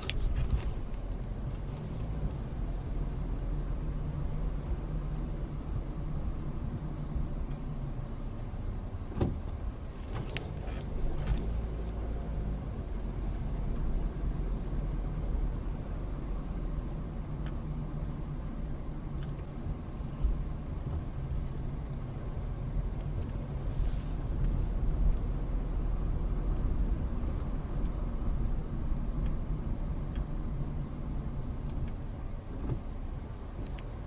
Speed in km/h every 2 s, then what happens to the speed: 15, 18, 18, 11, 6, 10, 16, 19, 18, 15, 13, 11, 18, 19, 16, 10, 8.
4-7 brakes to 6. 9-13 speeds up to 19. 22-26 speeds up to 19. 26-30 slows to 10.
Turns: 18-23.